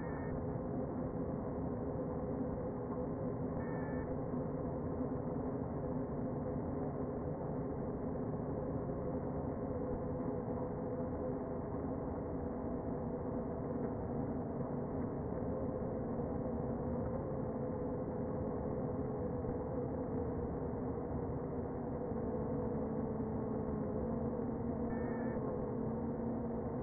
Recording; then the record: honeybee colony, microphone inside the hive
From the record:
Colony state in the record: queen present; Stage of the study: before two queens were removed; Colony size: about 60,000 bees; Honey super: yes